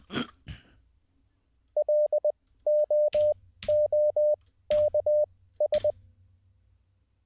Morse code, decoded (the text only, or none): LOOKS